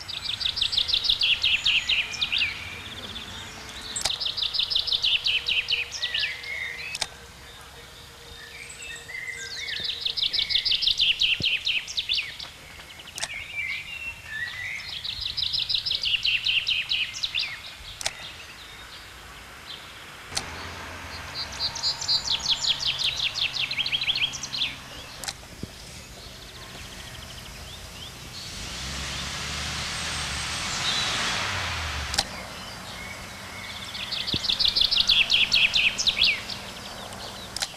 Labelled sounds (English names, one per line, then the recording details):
Common Chaffinch song
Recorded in the wild
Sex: male
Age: adult
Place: Kaiserslautern, Rheinland-Pfalz, DE
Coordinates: 49.4372, 7.80972
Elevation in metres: 310
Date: 1985-04-07
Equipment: Uher 4000 Report
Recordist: Tretzel, Erwin